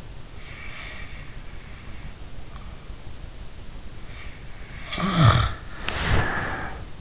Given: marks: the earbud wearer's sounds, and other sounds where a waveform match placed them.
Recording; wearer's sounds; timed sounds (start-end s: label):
sounds in sleep by an in-ear microphone; breath, snoring breath, body movement
0.43-2.70 s: breath
4.84-7.01 s: snoring breath
5.93-6.75 s: body movement